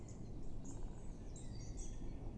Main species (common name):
Great Spotted Woodpecker